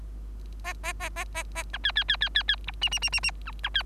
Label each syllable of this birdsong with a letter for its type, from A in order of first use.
A A A A A A B C C C C C C D E E E E E B B C